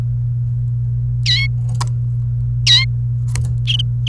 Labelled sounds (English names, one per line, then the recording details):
Domestic Canary song
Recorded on 29 April 2018 at 12:08
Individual llb3